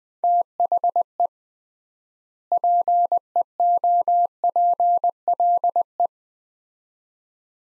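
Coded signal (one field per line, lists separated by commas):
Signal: Morse code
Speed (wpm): 21 wpm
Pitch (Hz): 700 Hz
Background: none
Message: THE PEOPLE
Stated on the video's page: Morse practice drill of two-word sets at 20 wpm with 3x word spacing, similar to Farnsworth method, each set followed by spoken words.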